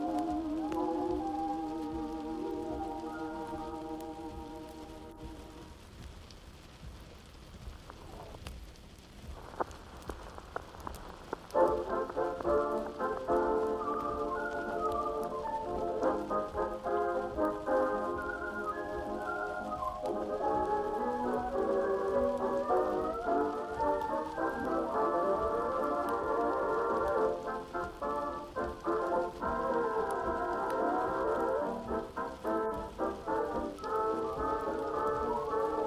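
Old-time oldies music plays from another room, muffled, with its tune sitting in the middle range and nothing bright on top. A steady crackling hiss runs underneath throughout. The song thins out around five seconds, then a fuller passage starts near eleven seconds and continues.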